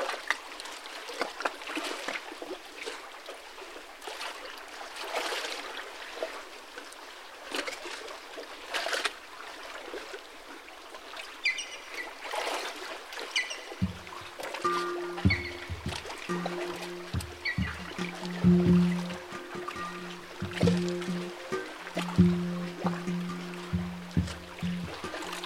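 Water laps and trickles gently against a jetty on a mountain lake, with soft splashes around two, five and nine seconds. From about fourteen seconds a low, pulsing hum joins in, stopping and starting like a motor, while faint chirps flicker higher up.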